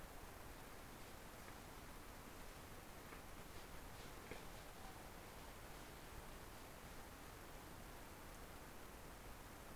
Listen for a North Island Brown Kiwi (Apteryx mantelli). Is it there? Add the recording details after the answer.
no. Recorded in New Zealand on 16 November 2013. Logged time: 21:44. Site BS16